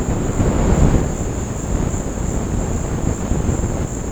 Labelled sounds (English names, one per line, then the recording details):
none
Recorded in secondary vegetation near Puerto Asís, Putumayo, Colombia, on 19 March 2025 at 17:00
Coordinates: 0.481, -76.318
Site G097